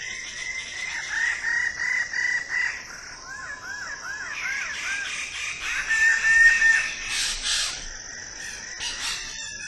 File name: suara burung bidadari